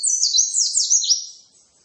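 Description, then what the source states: White-eye song: a short phrase of high, thin notes that swoop down and up, then fade out. Tutor recording (masteran) of a pleci (white-eye), used so that a pleci quickly opens its beak and starts singing.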